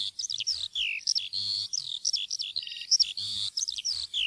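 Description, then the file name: Eurasian skylark singing a fast, babbling stream of high, varied whistles, trills and buzzy notes. "sanglerke"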